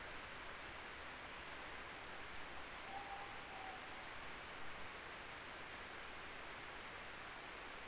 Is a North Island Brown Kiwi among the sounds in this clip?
no